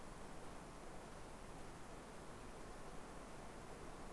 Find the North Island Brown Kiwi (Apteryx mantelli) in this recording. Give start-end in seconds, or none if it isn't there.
none